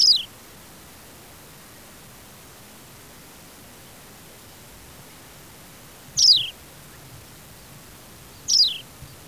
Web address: Anthus Australis